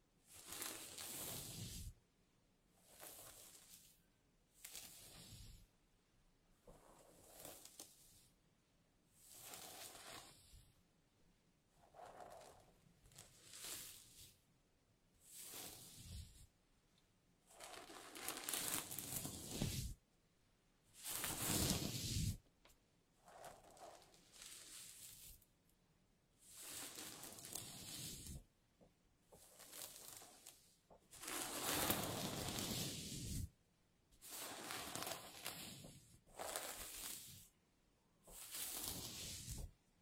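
Hair is gently combed in slow, repeated strokes, each a soft, bright brushing swish lasting one to two seconds. About fourteen strokes come at a fairly even pace, every two to three seconds, with near-silent pauses between them and nothing else underneath.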